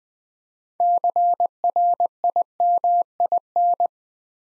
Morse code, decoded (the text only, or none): CRIMIN